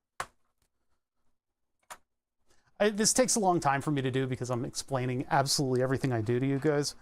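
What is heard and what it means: A knife pushes the coil part at the back of a power plug back into place, and it clicks in at 0.2 s, leaving the plug repaired. A fainter tap follows near 1.9 s, and then someone talks for the rest of the clip.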